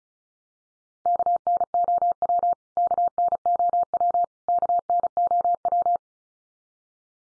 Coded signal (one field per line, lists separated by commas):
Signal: Morse code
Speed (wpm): 34 wpm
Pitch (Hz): 700 Hz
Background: none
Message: KNOW KNOW KNOW